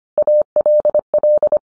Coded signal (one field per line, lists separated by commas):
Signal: Morse code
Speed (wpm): 25 wpm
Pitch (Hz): 600 Hz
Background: none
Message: ALL